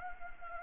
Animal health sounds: mosquito wingbeat signal from an infrared sensor; Anopheles arabiensis

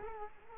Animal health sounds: mosquito wingbeat signal from an infrared sensor; Culex quinquefasciatus

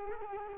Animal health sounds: mosquito wingbeat signal from an infrared sensor; Culex quinquefasciatus

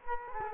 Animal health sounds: mosquito wingbeat signal from an infrared sensor; Culex quinquefasciatus

